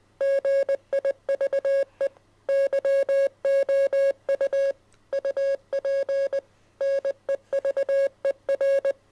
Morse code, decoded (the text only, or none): GIVE YOU UP NEVER